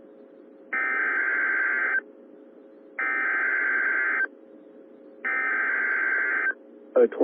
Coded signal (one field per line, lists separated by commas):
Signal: Emergency Alert System (SAME) tones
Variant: header bursts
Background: speech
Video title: Des Monies Iowa Tornado Warning Updates EAS #12 #13 #14 12 15 21